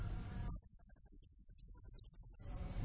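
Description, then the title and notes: Blue-crowned hanging parrot giving one rapid, even train of about twenty very high, sharp notes lasting two seconds, with low background rumble before and after. Lure recording used to attract other birds; also used as a tutor (nasteran) call; lively, energetic 'nembak gacor' calling style. "Burung Serindit Nembak Gacor Bikin Emosi Semua Burung. Suara Nasteran Dan Pemikat Burung Serinditan Gacor"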